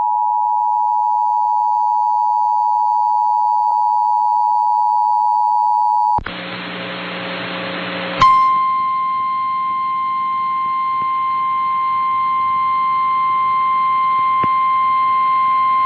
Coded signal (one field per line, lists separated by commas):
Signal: Emergency Alert System (SAME) tones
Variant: 853 and 960 Hz attention tone